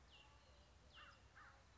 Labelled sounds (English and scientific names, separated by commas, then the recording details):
American Crow (Corvus brachyrhynchos)
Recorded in Sonoma County, California